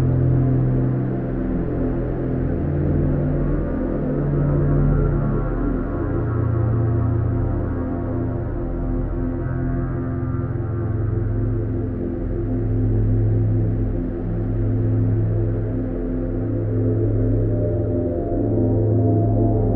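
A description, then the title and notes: A steady 285Hz drone sits within a dense, low layered hum, with deeper tones slowly swelling and fading every few seconds throughout. Dreamy Exploration - Solfeggio Frequency 285Hz.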